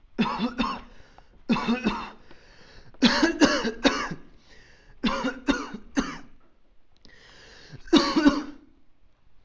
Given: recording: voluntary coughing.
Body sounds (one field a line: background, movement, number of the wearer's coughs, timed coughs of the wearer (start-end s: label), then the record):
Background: quiet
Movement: sitting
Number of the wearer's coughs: 12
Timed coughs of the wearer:
0.17-0.57 s: cough
0.57-0.89 s: cough
1.47-1.84 s: cough
1.84-2.24 s: cough
3.00-3.38 s: cough
3.38-3.82 s: cough
3.82-4.22 s: cough
5.03-5.46 s: cough
5.46-5.90 s: cough
5.95-6.24 s: cough
7.90-8.23 s: cough
8.23-8.52 s: cough
From the record:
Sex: male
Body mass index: 21.0 kg/m2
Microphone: on the chest, facing outward